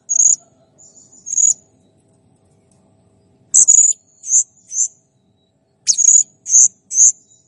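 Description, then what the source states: Blue-crowned hanging parrot uttering high-pitched, thin squeaky notes in short runs, separated by pauses of one to two seconds. Clear, lively song used to tutor cage songbirds.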